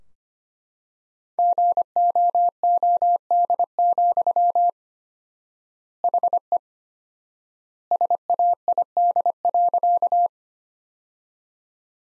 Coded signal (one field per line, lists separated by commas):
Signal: Morse code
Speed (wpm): 25 wpm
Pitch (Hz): 700 Hz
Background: none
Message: GOOD, HE SAID.